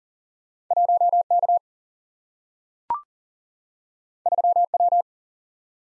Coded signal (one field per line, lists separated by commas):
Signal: Morse code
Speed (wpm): 38 wpm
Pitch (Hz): 700 Hz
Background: none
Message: 1K 3W